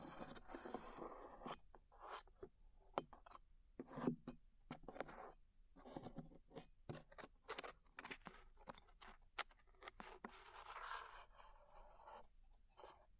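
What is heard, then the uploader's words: Glue being peeled off an ear makes irregular sticky rasps and scrapes, with frequent short crackling snaps and rubbing swells throughout. ASMR Peeling Glue Off Your Ears (No Talking).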